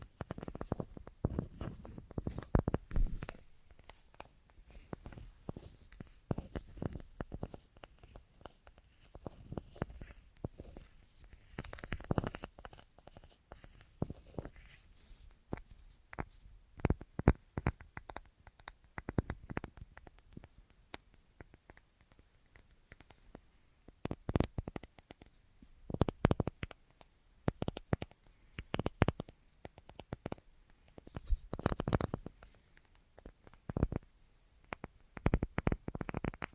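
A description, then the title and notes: Dry tapping sounds on assorted surfaces come in quick clustered bursts with short quiet gaps between. Sharp clicks mix with duller knocks and some scratchy scraping, the pace shifting unevenly throughout. ASMR Tingliest Tapping Assortment for Sleep (No Talking).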